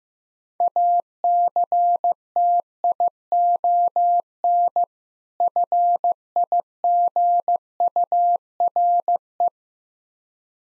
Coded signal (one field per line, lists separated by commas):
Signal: Morse code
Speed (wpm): 15 wpm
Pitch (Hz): 700 Hz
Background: none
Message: ACTION FIGURE